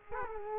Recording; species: mosquito wingbeat signal from an infrared sensor; Culex quinquefasciatus